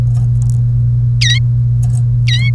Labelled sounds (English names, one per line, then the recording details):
Domestic Canary song
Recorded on 1 May 2018 at 11:01
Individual llb3